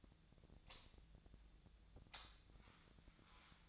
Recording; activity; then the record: daily activity, microphone in the room; light on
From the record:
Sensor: 3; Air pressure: 1009.8 hPa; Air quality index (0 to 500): 190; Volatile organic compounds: 14 ppm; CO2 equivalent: 2473 ppm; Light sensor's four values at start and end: 38/95/41/43 and 44/116/49/50